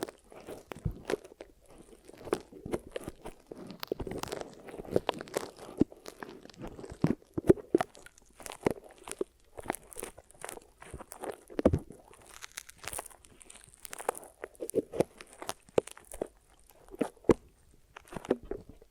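Glue ear massage and cleaning: dense, irregular crackling and crunching clicks throughout, with soft rubbing underneath and brief hissy bursts around the middle.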